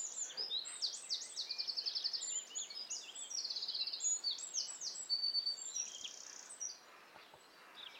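Eurasian wren song: a long, very high outpouring of rapid trills and sharp notes, with fast rattling runs, over steady background hiss.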